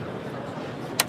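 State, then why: Seated. A resin vat tray with a PFA release film is pushed back into a 3D printer, under steady broadband background noise. A single sharp click at 1.0 s shows the tray seating again, a click that makes it feel premium.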